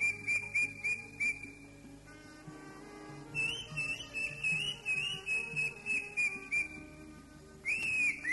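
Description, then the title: Greater green leafbird song: bright whistled notes repeated rapidly in short bursts, then a sustained wavering whistle, over a steady low tonal hum in the background. "Kicau Burung Cucak Ijo"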